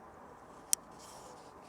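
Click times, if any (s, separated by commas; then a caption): 0.7 s. The adjustable part of a Bear Force Professional foam cannon is turned in its detent housing. A spring-loaded ball bearing snaps into one of six indentations with a single sharp, bright click at 0.7 s over a faint background hiss. The setting locks in place.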